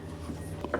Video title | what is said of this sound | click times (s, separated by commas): 2006 ACURA MDX REPLACING HOOD SUPPORT STRUTS EASY DIY! | like so just going to snap that in place | 0.6 s, 0.7 s